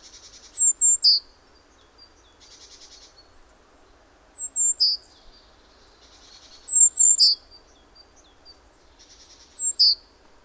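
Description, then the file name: Great tit calls: short clusters of high thin notes and sharp chips repeated every few seconds, with faint buzzy churring between clusters. "Parus major"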